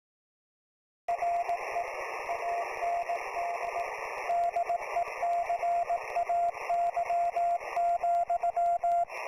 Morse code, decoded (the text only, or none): RE AND DECAY,